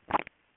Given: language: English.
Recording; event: throat vibration sensor signal played as sound; swallow